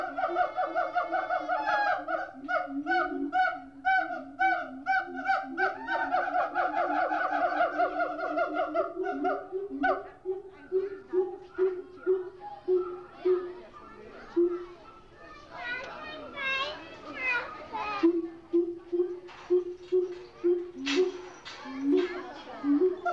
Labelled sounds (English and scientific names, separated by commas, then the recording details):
Siamang (Symphalangus syndactylus)
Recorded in captivity
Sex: diverse
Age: diverse
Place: Zoo Berlin, Berlin, DE
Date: 1987-08-13
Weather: bedeckt
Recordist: Tembrock, Günter